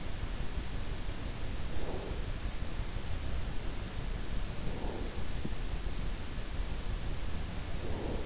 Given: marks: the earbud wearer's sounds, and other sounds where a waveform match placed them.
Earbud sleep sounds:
sounds in sleep by an in-ear microphone; breath
1.69-2.21 s: breath
4.44-5.18 s: breath
7.86-8.26 s: breath

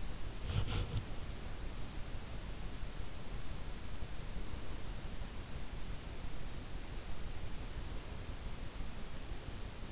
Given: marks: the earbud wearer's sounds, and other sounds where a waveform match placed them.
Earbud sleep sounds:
sounds in sleep by an in-ear microphone; body movement
0.00-1.49 s: body movement

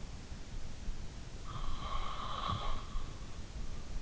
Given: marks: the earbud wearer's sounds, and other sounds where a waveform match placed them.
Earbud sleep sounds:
sounds in sleep by an in-ear microphone; breath
1.32-3.26 s: breath

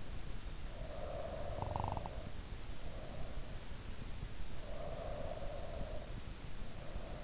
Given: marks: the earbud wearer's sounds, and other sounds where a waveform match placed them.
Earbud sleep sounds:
sounds in sleep by an in-ear microphone; snoring breath, breath
0.78-3.24 s: snoring breath
4.67-7.24 s: breath

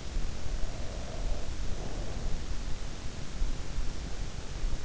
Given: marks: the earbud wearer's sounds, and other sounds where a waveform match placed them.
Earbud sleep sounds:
sounds in sleep by an in-ear microphone; breath
0.39-2.72 s: breath

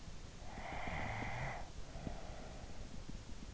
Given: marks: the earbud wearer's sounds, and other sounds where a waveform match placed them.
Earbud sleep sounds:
sounds in sleep by an in-ear microphone; snoring breath
0.24-3.20 s: snoring breath

